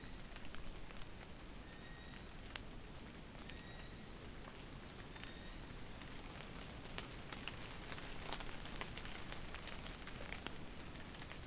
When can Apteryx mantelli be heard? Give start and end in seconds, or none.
0.00-5.67